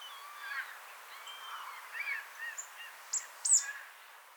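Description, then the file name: Marsh tit call: two sharp, very high, clipped notes in quick succession near the end, after a stretch of faint, muffled lower sounds. "Poecile palustris"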